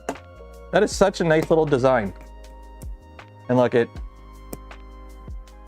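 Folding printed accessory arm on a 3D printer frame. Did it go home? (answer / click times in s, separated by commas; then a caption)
yes / 4.5 s. A 3D-printed folding accessory arm on a 3D printer frame is folded out while someone talks, with quiet handling taps in between. It locks into position with a sharp click at 4.5 s, and it is released by lifting it up and turning.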